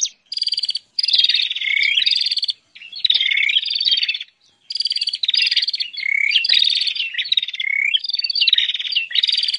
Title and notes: Kompilasi Suara Ciblek Prenjak Cocok Untuk Masteran. Kicau Burung Prenjak Ciblek